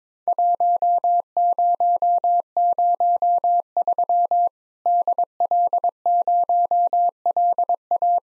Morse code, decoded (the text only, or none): 1003 DL0LA